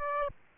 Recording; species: mosquito wingbeat signal from an infrared sensor; Aedes aegypti